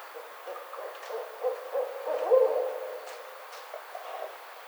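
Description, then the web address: Barred owl hooting, a few low muffled hoots, loudest around the middle, over a soft steady background hiss. Recorded on 29 May 2009. "Barred Owl 2009 05 29 Barred Owl"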